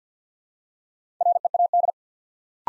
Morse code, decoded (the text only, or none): READ